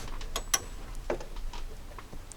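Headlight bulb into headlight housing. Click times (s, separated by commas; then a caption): 0.5 s. A halogen headlight bulb assembly is turned clockwise in the plastic headlight housing of a 2011–2021 Jeep Grand Cherokee WK2 until it stops, with a few faint plastic ticks and scrapes during the twist. A sharp, bright click at 0.5 s marks the stop, and the bulb is locked into place in the housing.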